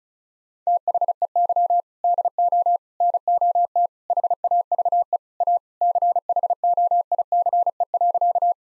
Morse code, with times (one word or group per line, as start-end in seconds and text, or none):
0.7-1.8 THEY
2.0-2.8 DO
3.0-3.9 NOT
4.1-5.2 HAVE
5.4-5.6 A
5.8-8.5 CHOICE.